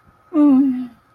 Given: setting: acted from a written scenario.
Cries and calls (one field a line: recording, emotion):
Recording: vocal sound without words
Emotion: guilt